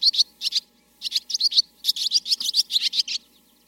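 Swift giving rapid runs of high, sharp chattering chips, with a short gap between runs.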